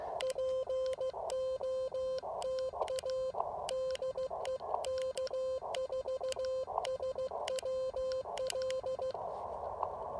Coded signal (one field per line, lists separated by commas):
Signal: Morse code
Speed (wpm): 15 wpm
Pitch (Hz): 520 Hz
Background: radio noise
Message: POTA DE K4SWL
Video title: POTA activation with the Elecraft KX3 and AX1 Antenna: How far can I shoot my 10 watt signal?